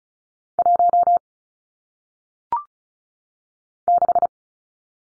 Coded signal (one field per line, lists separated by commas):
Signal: Morse code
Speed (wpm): 33 wpm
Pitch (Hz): 700 Hz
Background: none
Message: 1 6